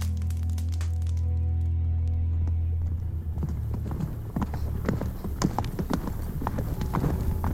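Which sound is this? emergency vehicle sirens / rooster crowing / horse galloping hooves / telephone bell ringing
horse galloping hooves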